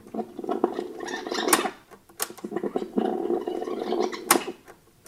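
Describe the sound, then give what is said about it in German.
Magnetic tape reels being fast-wound forward and back, with the recorded voice sped up into a chattering, squeaky garble in bursts, broken by a few sharp clicks and brief pauses. “Das sind Tonbandspulen, Magnetbänder, die man hin und her bewegen konnte, sodass beim schnellen Rücklauf oder Vorlauf die aufgenommene Stimme so verzerrt wird, als käme sie aus Schlumpfhausen.”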